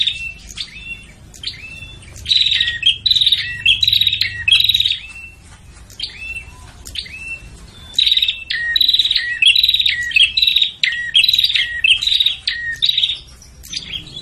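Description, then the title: Prinia giving rapid, buzzy chattering bursts interspersed with short sharp chips, the bursts clustered in runs with brief pauses between them. Calls of the red-headed prenjak and the visiting prenjak, used in a long loop to lure prinias. "Suara Prenjak Ribut Ampuh Buat Pikat Burung Prenjak Kepala Merah Prenjak Tamu"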